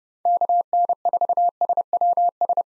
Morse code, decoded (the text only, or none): KN4SWS